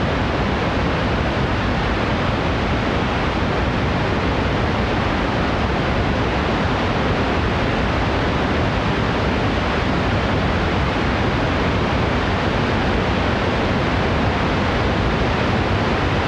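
A steady, dense roar of rushing water, like a torrent or waterfall, fills the whole 16 seconds without pause. The hiss spans deep rumble to bright spray, and its loudness never rises or falls, with no separate splashes or other sounds.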